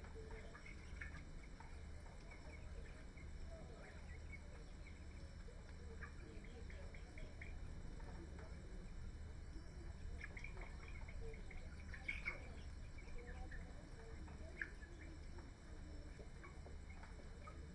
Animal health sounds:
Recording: poultry house recording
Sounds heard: healthy chickens

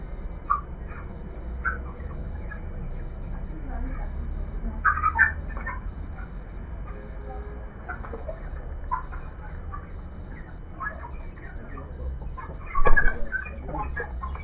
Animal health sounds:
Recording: poultry house recording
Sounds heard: healthy chickens

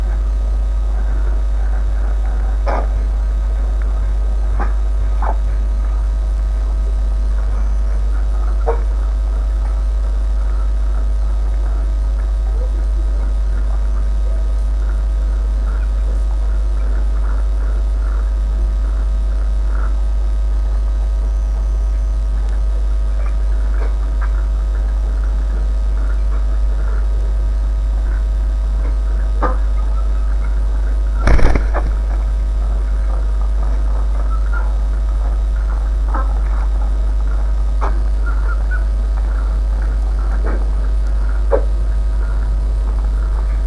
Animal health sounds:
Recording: poultry house recording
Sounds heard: sick chickens (respiratory disease)

